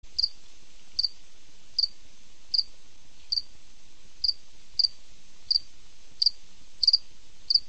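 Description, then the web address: Cricket chirping: a steady series of short, high chirps over a quiet background. Recorded at night. "cricket de nuit"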